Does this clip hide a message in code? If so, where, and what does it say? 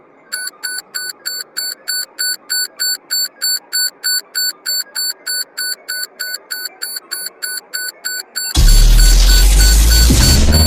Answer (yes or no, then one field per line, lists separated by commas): no